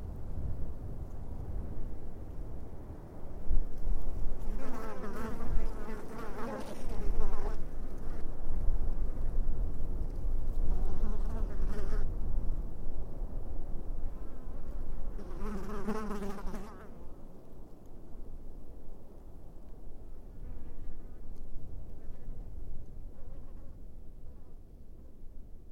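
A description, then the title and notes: A desert soundscape from the Empty Quarter's sand dunes, dominated by a low, steady rumble of wind. Buzzing insects pass by, loudest around five to seven seconds and again near fifteen to sixteen seconds, then fade to faint hums. Arabian Desert is a collection of stereo and quad soundscapes recorded on the Arabian Peninsula in the Empty Quarter, the largest expanse of sand dunes on Earth.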